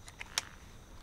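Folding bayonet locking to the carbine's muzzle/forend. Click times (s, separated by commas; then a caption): 0.4 s. A Japanese Arisaka Type 44 cavalry carbine's steel folding bayonet, stored under the wooden forearm, is released by pressing a catch and swings out to lock into the attack position. A few small metallic ticks are followed by a sharp, bright click at 0.4 s, where the bayonet locks in place, then a faint tick and quiet.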